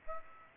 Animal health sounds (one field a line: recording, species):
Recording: mosquito wingbeat signal from an infrared sensor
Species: Aedes aegypti